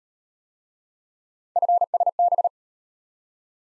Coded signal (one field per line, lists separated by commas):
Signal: Morse code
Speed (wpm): 35 wpm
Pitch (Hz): 700 Hz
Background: none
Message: FSB